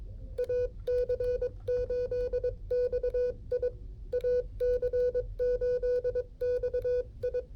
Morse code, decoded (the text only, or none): AC8XI AC8XI